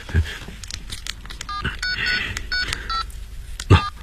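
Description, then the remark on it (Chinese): A series of short electronic keypad beeps from a mobile phone as someone looks up a stored phone number, pressed in a quick irregular sequence, with a few soft handling clicks and thumps in between. “我看一下，我手机里有储存，有储存。”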